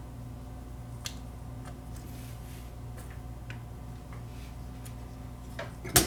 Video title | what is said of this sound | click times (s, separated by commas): Sony SLV R1000 full mechanical repair | it down it'll pop into place just like that there's the new gear | 6.0 s